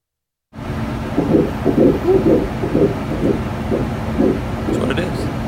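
Rapid rhythmic whooshing pulses near 125 a minute over a steady hum: a fetal heartbeat on Doppler ultrasound.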